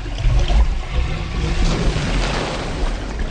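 Water rushes and gurgles steadily as it drains away, a continuous churning wash over a heavy low rumble, with no voices.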